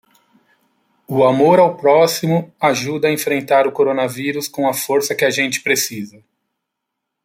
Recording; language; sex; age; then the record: spoken sentence; Brazilian Portuguese; male; 40 to 49 years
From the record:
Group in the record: control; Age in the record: 46 years